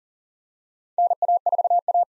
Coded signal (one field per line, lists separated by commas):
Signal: Morse code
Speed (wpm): 40 wpm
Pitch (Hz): 700 Hz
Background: none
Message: NA4A